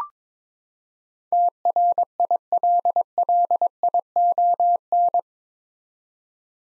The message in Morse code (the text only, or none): TRILLION